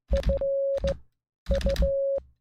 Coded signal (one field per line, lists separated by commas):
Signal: Morse code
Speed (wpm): 16 wpm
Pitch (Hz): 550 Hz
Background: none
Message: F U